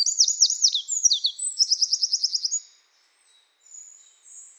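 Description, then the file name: Eurasian wren song: a loud, very high burst of rapid twittering notes running into a fast, even trill, ending abruptly after under three seconds, followed by a few faint high notes. "Troglodytes troglodytes"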